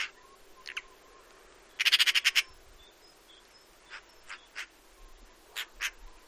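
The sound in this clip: Eurasian magpie chattering: one burst of about seven harsh, rapid chak notes, with scattered single rasping calls before and after, plus faint high chirps in the background.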